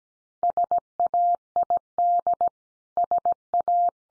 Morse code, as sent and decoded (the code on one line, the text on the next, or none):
... .- .. -.. / ... .-
SAID SA